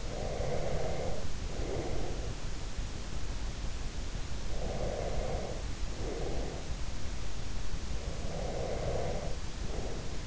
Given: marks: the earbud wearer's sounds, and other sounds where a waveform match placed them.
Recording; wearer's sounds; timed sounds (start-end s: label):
sounds in sleep by an in-ear microphone; breath
0.00-2.36 s: breath
4.48-6.71 s: breath
8.06-10.27 s: breath